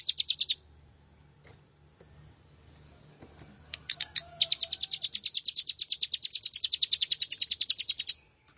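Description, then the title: Plain prinia song: a short burst, a pause with scattered notes, then a long steady run of rapid, evenly repeated high buzzy notes, with a faint low hum in the first part. "Ciblek Sawah"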